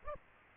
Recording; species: mosquito wingbeat signal from an infrared sensor; Aedes aegypti